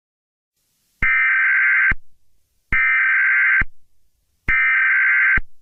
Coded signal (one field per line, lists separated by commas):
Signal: Emergency Alert System (SAME) tones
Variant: header bursts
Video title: EAS: Restaurant killings and robberies Part 4